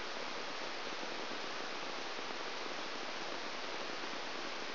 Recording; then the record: brain microelectrode recording played as sound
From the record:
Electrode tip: outside the subthalamic nucleus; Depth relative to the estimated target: 4 mm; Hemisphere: right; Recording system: AlphaMap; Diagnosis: Parkinson's disease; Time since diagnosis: 12 years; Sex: female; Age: 56 years